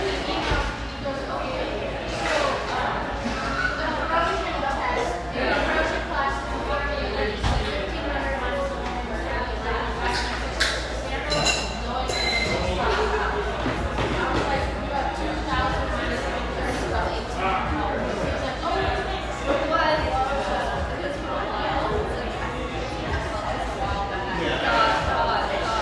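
Bustling café background: many overlapping voices talking at once, forming a dense, steady murmur throughout. Sharp clinks of dishes or cutlery cut through now and then, clustering around the middle, over a constant low hum.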